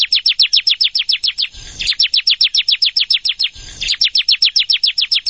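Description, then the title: Plain prinia delivering rhythmic, rapidly repeated high descending notes in runs separated by two short breaks with low rustling. "Ciblek Sawah"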